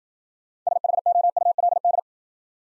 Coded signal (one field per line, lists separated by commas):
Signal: Morse code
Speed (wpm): 51 wpm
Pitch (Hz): 700 Hz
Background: none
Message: SHOULD